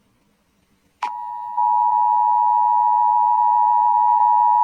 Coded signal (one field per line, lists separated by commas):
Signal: Emergency Alert System (SAME) tones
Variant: 853 and 960 Hz attention tone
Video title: Eas scenario: EF6 Tornado | World United States American ohio Taxes California Russian Mexico!!!!!!!